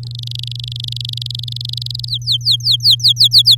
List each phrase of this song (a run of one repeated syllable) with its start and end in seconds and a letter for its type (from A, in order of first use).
0.03-2.05 A, 2.07-3.56 B